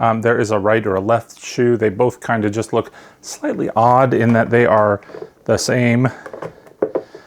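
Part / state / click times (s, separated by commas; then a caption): animatronic shoe onto base support poles / seated / 6.8 s. Someone talks while the plastic shoe of a Home Depot Halloween animatronic is slid down over the support poles on its base. A sharp click at 6.8 s marks the shoe locking into place, followed by a softer second click, and the shoe is seated on the base.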